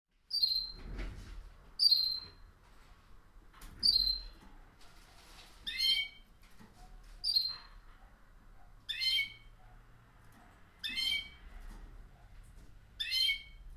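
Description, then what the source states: Canary chirps: sharp notes repeated about every one to two seconds throughout, some higher and some lower, over a faint low background hum. Caged canary singing.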